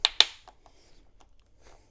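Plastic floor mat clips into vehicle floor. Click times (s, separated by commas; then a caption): 0.1 s, 0.2 s. Plastic floor mat clips on a Fisker Ocean get a final press down onto the vehicle floor. Two sharp clicks are heard at 0.1 s and 0.2 s, followed by a few faint taps, and the clips snap into place.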